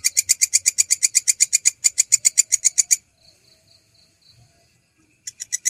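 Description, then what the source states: Canary song: a fast series of buzzy repeated notes for three seconds, a pause with faint thin whistles, then the same buzzy notes resume. Canary song used as masteran, a training track for songbirds.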